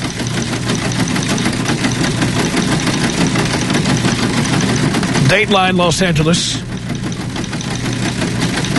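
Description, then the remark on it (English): A Cadillac's engine, left running with its lights on in a parking lot, idles with a steady, low, continuous rumble that holds throughout, and a man speaks briefly over it partway through. “It is a Cadillac. License number 6BNY036. It is on parking lot 2, left of the elevators. Again, from CBS. Someone left the engine running”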